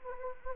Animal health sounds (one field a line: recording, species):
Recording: mosquito wingbeat signal from an infrared sensor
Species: Anopheles gambiae